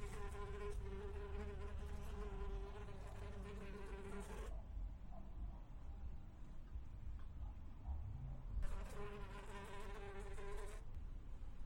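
Fly buzzing, a steady droning hum for about four seconds, quiet pause, then the buzz returns for two more seconds over low rumble.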